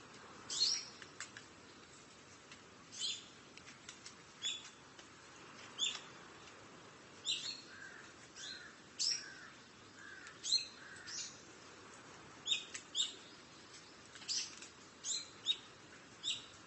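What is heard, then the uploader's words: Japanese forest nature sounds: short, bright bird chirps and tweets come in quick bursts about every second or two, some with falling notes. Beneath them runs a steady, soft low hiss that stays constant throughout. Japanese Forest Nature Sounds.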